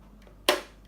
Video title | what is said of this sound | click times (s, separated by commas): Unboxing The Brand New Dewalt DCD776D2T | that's done you get a click and then you just plug that plug into okay like | 0.5 s